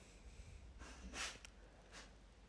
A dog starting to sneeze in the background.